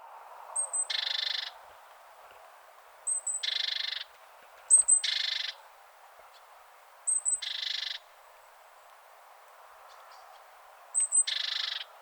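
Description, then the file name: Great tit calls, five bursts each made of a brief high double note and a rasping buzzy churr, spaced irregularly about one and a half to four seconds apart over a quiet background. "Parus major"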